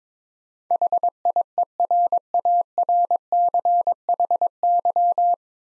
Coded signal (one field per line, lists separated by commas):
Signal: Morse code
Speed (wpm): 22 wpm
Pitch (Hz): 700 Hz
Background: none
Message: HIERARCHY